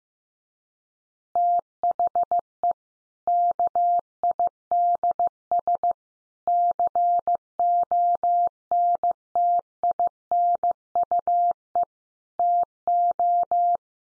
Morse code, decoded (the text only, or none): THE KIDS CONTINUE TO